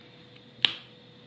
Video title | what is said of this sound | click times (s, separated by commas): Soldering Solar Connectors (4K) | snapped in place tighten | 0.7 s